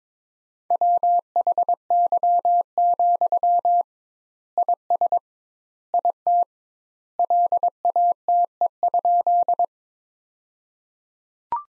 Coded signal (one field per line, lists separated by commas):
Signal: Morse code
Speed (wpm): 22 wpm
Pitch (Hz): 700 Hz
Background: none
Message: WHY, IS IT LATE?